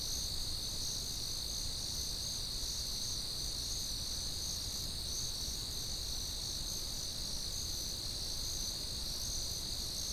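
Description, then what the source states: Crickets trill nonstop in dense overlapping high bands, the chorus never pausing, over soft low-frequency noise. Constant, generic cricket chirping.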